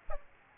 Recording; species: mosquito wingbeat signal from an infrared sensor; Aedes aegypti